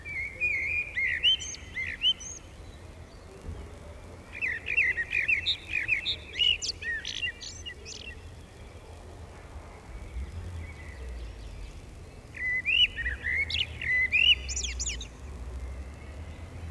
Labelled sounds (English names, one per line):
Common Blackbird song